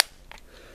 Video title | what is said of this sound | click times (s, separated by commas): Jurassic World Toys - (Growler) Dimorphodon Review | just snaps back in | 0.0 s